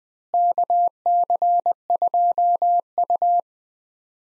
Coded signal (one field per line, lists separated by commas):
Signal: Morse code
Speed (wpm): 20 wpm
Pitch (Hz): 700 Hz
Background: none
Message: KC2U